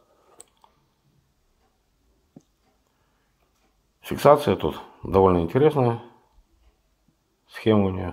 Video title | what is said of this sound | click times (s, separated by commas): Very old vintage EVEREADY (OTTO GAEDIKE) petrol pocket lighter Старая бензиновая карманная зажигалка | в правильное положение и добавить до характерного щелчка пока она не заблокируется фиксация | 0.4 s